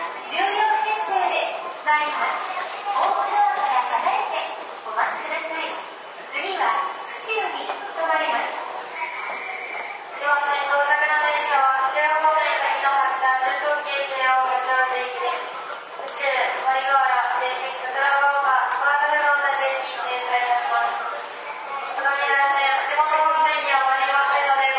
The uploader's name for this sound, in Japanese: 都営10-300形(3次車) 新線新宿〜高尾山口